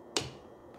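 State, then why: Seated. A new wiper blade is slid onto the wiper arm's hook until its plastic adapter snaps into place with a single sharp click at 0.2 s. The blade seats on the arm, and a tug then checks that it holds.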